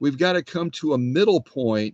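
Someone talks while handling the opening cover that works the bobbin winder on a vintage sewing machine, about to move it to a middle position to engage bobbin winding. Only speech is heard, with no distinct mechanical sounds. Nothing has clicked into place yet.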